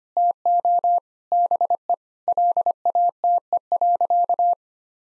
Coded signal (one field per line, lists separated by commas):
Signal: Morse code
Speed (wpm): 25 wpm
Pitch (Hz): 700 Hz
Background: none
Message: TO BE LATE.